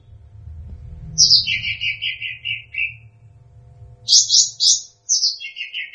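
Bird song: a high buzzy note dropping into a lower run of rapid chirps, then repeated after a pause, over a faint low hum.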